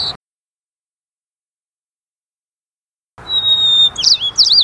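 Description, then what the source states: White-crowned sparrow song: the end of one phrase, a pause, then a fresh clear whistle sliding into fast buzzy, swooping notes. Called the cheerleader of spring; arrives in the Pacific Northwest as the varied thrush departs.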